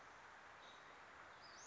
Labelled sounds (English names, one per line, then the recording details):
Western Flycatcher
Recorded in Sonoma County, California